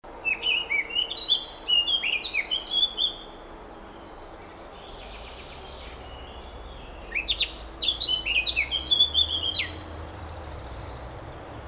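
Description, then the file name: Eurasian blackcap song: a lively, chattering warble of quick varied notes ending in clear high whistles, heard twice with a quiet gap between the phrases. "Sylvia atricapilla"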